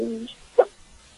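A brief voiced tone from an adult, then one sharp, abrupt gulping burst typical of a single hiccup.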